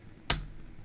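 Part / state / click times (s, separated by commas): plastic building brick onto a brick model / seated / 0.3 s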